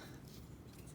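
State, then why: Not seated. A handmade steel folding knife is opened with two hands, its blade swinging toward the interior liner lock, heard as quiet, low handling rustle with a soft bump around 0.3 seconds. The blade has not yet snapped into the lock, and nothing has seated or clicked yet.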